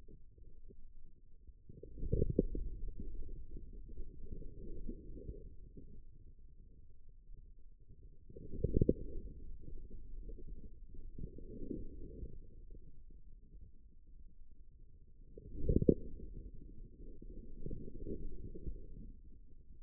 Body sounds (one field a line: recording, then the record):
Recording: forearm muscle sounds (acoustic myography)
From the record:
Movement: outward rotation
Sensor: system 2, bracelet of six BSWA MPA416 microphones around the upper forearm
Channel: 6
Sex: male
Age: 22 years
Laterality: right